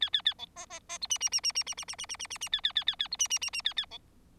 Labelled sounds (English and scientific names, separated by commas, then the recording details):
Bengalese Finch (Lonchura striata domestica) song
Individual Bird4